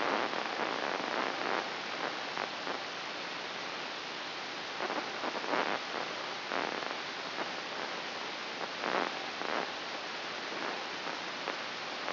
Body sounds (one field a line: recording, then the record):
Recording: brain microelectrode recording played as sound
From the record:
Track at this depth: inside the subthalamic nucleus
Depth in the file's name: 7.131 mm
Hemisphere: right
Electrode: 2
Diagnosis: Parkinson's disease